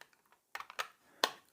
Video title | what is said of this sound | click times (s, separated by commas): 애플페이 무선카드단말기 KIS-8630QN 사용가이드 구매문의 1522-7221 | 여기를 눌러 주면 됩니다 딱 소리 나죠 | 1.2 s